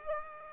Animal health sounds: mosquito wingbeat signal from an infrared sensor; Aedes aegypti

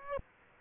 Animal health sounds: mosquito wingbeat signal from an infrared sensor; Aedes aegypti

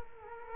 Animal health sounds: mosquito wingbeat signal from an infrared sensor; Culex quinquefasciatus

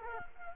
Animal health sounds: mosquito wingbeat signal from an infrared sensor; Culex quinquefasciatus

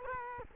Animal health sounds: mosquito wingbeat signal from an infrared sensor; Culex quinquefasciatus

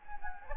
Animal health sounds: mosquito wingbeat signal from an infrared sensor; Anopheles gambiae

